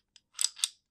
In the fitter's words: and locks into place now